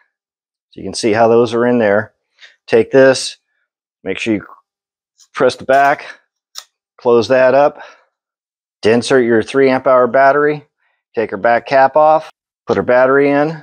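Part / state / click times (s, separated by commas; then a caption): staple magazine into stapler/nailer / seated / 6.6 s. Someone talks while loading staples into the left side of the magazine of a Ryobi USB 4-in-1 stapler/nailer, then presses the back of the magazine and closes it. A short, sharp tick at 6.6 s marks the staple magazine clicking shut and seating in the tool.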